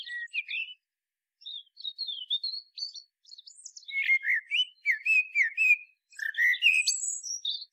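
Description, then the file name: Common blackbird song: almost continuous mellow fluty warbling around mid pitch, broken by scratchy high twitters and squeaks, with short gaps between phrases. "Turdus merula"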